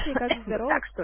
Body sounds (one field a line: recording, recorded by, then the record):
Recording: voluntary cough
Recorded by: telephone call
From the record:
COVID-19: negative